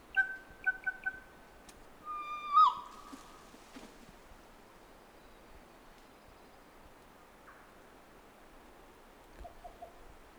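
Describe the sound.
Kōkako song: three short pips, a drawn-out flute-like note ending in a twist, then quiet with a few soft low notes near the end.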